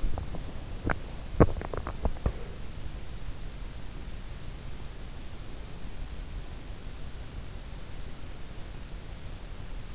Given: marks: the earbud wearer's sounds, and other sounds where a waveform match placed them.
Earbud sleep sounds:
sounds in sleep by an in-ear microphone; teeth grinding
0.00-2.98 s: teeth grinding

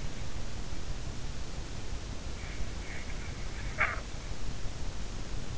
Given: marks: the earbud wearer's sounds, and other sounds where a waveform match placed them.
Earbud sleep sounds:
sounds in sleep by an in-ear microphone; snoring breath
3.67-4.09 s: snoring breath

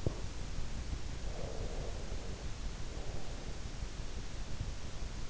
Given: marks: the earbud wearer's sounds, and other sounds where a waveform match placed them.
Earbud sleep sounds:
sounds in sleep by an in-ear microphone; breath
1.22-3.63 s: breath

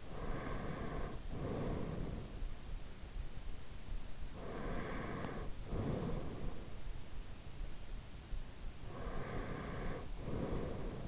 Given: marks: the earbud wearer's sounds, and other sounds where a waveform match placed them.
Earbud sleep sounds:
sounds in sleep by an in-ear microphone; breath
0.00-2.31 s: breath
4.35-6.47 s: breath
8.80-11.08 s: breath

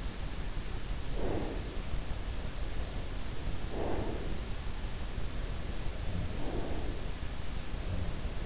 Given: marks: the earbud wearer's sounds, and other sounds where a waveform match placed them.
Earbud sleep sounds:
sounds in sleep by an in-ear microphone; breath
1.18-1.73 s: breath
3.67-4.41 s: breath
6.26-7.03 s: breath

